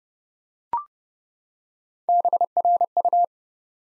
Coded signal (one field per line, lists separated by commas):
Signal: Morse code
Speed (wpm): 30 wpm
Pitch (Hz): 700 Hz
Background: none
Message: BRU